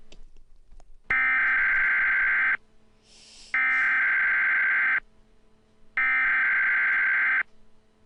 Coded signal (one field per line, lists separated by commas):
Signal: Emergency Alert System (SAME) tones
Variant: header bursts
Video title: EAS Mock - The Facility Part 1 (note: the phone number at the end is fake)